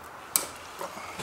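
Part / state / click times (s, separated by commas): fuel line quick-connect coupling onto fuel line / seated / 0.4 s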